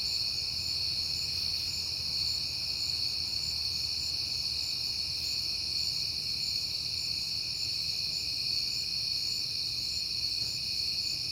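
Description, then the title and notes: Crickets keep up a constant high chorus throughout, layered bands of trilling with a quiet low rumble beneath. Crickets chirping at night in September, on a peaceful night. "Night Time: Crickets and Passing Cars. It is September and I have been hearing the crickets a lot, but finally had a peaceful night to make the recording"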